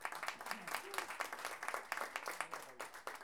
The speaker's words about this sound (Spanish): Así que un aplauso para los invitados colombianos.